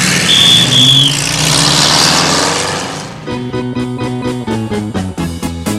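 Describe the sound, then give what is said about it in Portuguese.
A loud car engine roars and revs at full power with a whining rise for about three seconds, then settles into a steady, rhythmically pulsing hum as the car speeds off down a road at 120. “Eu vou correndo a 120 pela estrada, com toda a força que existe no motor.”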